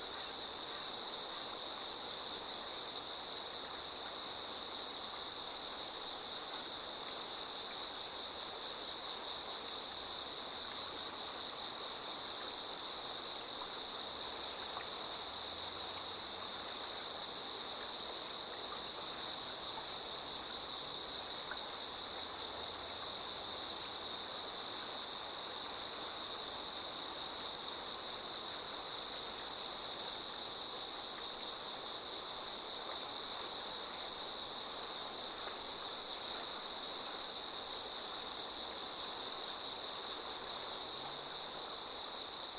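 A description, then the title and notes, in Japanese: Insects chorus without pause over a slowly flowing river. A dense, bright, high-pitched trill runs at the same level for the whole clip, while the water adds a soft, steady rush underneath with no distinct splashes or other events. 流れる川の音、虫の歌声に身を任せて。川がゆっくり流れる音にのせて、虫たちが合唱する。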